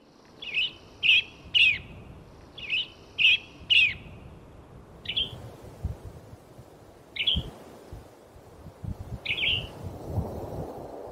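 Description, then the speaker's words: Western tanager calling: short, sharp notes at a similar pitch, first in quick clusters of three, then single notes spaced about two seconds apart. Male; migratory songbird travelling thousands of miles as seasons change, heading to the mountain west in springtime. "That's the sound of the male western tanager, a songbird that migrates thousands of miles once the seasons begin to change, heading to the mountain west for springtime."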